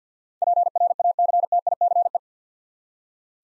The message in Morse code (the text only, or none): PRACTICE